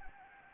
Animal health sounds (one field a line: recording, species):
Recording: mosquito wingbeat signal from an infrared sensor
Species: Anopheles gambiae